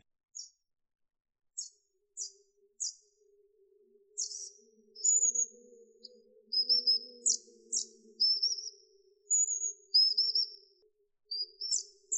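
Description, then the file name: Long-tailed tit calls, high thin chips and slurred whistles, busier from midway on, with a faint low hum beneath. "La mésange à longue queue - Damien Drillet"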